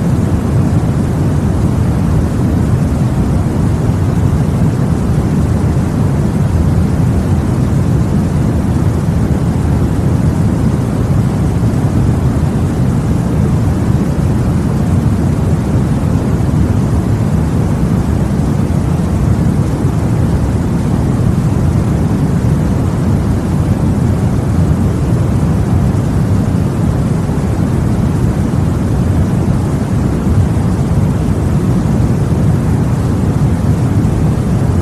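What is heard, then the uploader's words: Deep white noise runs steady and unbroken for the whole stretch, a dense low rumble with a softer hiss above and no distinct events. Sleep Sounds Deep White Noise.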